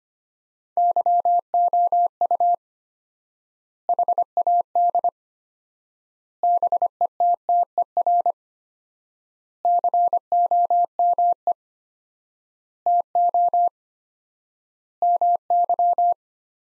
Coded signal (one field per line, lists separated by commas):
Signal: Morse code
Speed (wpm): 25 wpm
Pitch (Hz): 700 Hz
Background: none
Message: YOU HAD BETTER COME TO MY